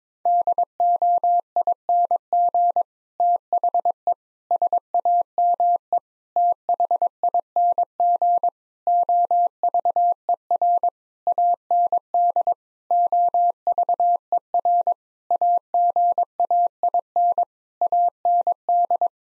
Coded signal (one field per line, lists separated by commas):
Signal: Morse code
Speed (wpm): 22 wpm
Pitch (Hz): 700 Hz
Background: none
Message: DOING THE SAME THING OVER AND OVER AGAIN AND